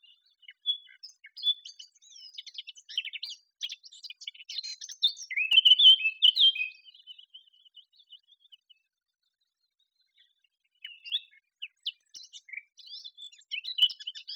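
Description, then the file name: Eurasian blackcap song: quiet scratchy twittering that swells into loud, clear fluty whistled phrases, a pause, then a second burst of warbling. "Sylvia atricapilla"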